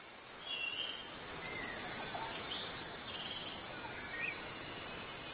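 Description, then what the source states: Cicada song: a continuous harsh high buzz that swells after the first second and holds steady. Males sing in warm sunshine during mating season, producing sound harsh to human ears by vibrating tymbal membranes on the abdomen, giving special calls to find a mate.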